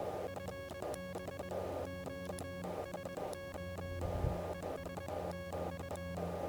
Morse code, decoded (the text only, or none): FB QSO ES TU